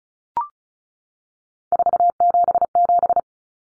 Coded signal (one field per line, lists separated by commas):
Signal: Morse code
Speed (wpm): 34 wpm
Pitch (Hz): 700 Hz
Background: none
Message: 477